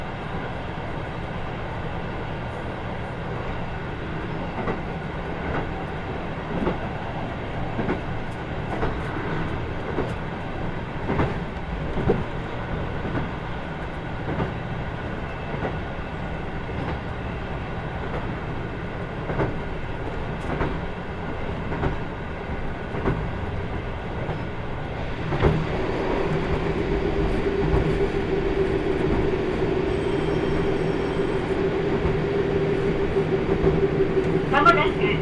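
A ride on the Kyushu Odan limited express along the Hohi Main Line, Kumamoto to Tateno. A steady low rumble carries scattered rail clicks and knocks. Around 25 seconds it grows louder, a steady mid-pitched whine joins, and faint high beeps follow near 30 seconds.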